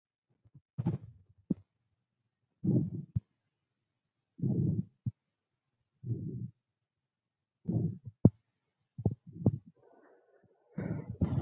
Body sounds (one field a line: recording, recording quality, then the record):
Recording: deep breathing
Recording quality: excellent, no background noise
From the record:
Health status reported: COVID-19 positive, mild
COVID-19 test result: positive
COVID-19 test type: RT-PCR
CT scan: not taken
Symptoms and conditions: cough, cold, muscle pain, loss of smell and taste, another condition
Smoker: no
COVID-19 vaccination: none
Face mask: not worn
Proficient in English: yes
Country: India